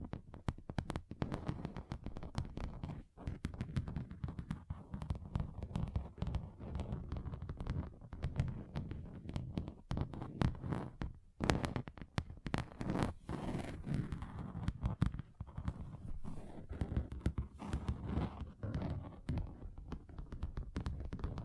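Fingers tap on a table in dense, irregular bursts of sharp knocks, mostly low and dull, with brief pauses around eleven and fifteen seconds.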